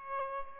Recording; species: mosquito wingbeat signal from an infrared sensor; Aedes albopictus